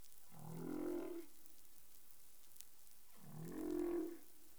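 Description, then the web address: Humpback whale song: two drawn-out, low moaning units, each about a second long and rich in harmonics, separated by roughly two seconds of quiet hiss. Recorded in the Caribbean on 20 April 2021 at 03:50 UTC. "CARIMAM clean data humpback whale"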